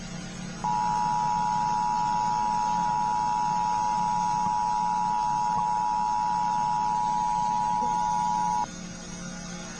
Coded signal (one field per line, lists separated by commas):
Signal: Emergency Alert System (SAME) tones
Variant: 853 and 960 Hz attention tone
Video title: EAS kinda real Scenario short: Milton